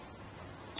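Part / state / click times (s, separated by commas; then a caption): bike rack tilt latch handle into hitch rack mast/base / not seated / none. A hitch-mounted Kuat Sherpa 2.0 two-bike platform rack on a 2022 Hyundai Tucson is lifted back up from its tilted position behind the hatch, with its tilt latch handle moving toward the rack's mast and base to lock it in the driving position. Steady low handling noise runs throughout, with a brief louder burst at about 0.8 s. Nothing has seated or clicked yet.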